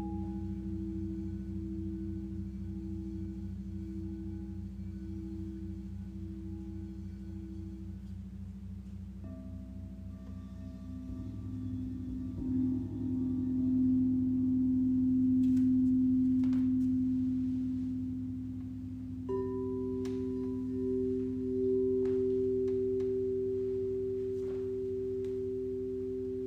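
Gongs and bowls hum in long sustained low tones that shift pitch around 9 and 19 seconds, with soft bell-like strikes scattered throughout.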